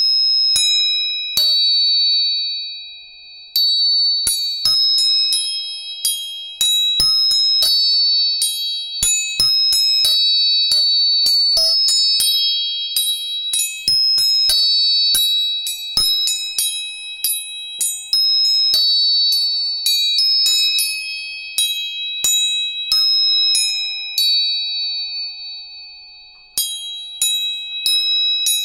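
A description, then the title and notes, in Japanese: Tuning forks are struck again and again, each hit a sharp metallic tap followed by a pure, ringing tone that hangs in the air. Several high, bright pitches overlap and sustain steadily across the half minute, with strikes coming in irregular clusters. 音叉チューニング。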